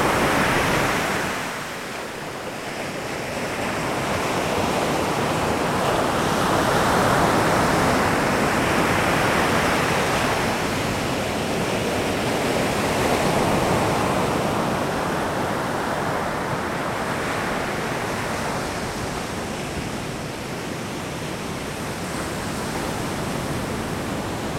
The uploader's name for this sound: Waves - Ocean, Lake And River